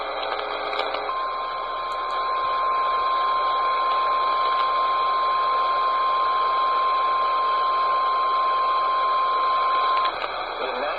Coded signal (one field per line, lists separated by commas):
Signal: Emergency Alert System (SAME) tones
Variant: 1050 Hz attention tone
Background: speech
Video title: I FREAK KUHT I FOUND TV RADIO... EAS Alerts From 4/20/25 - 4/21/25 (EAS#3,365 - #3,411)